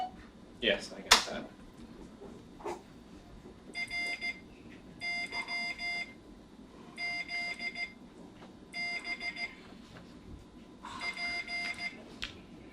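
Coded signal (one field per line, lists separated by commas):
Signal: Morse code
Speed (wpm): 15 wpm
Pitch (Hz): 2100 Hz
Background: speech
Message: E RYZB P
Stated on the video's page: Morse from an intermediate Morse code class lesson.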